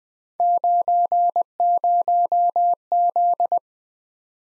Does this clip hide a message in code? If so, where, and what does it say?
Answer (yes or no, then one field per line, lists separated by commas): yes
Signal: Morse code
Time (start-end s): 0.4-3.6 s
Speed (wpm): 21 wpm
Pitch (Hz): 700 Hz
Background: none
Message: 90Z